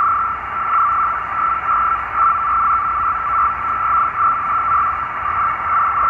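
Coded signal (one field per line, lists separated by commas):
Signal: NAVTEX (SITOR-B)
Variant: 100 baud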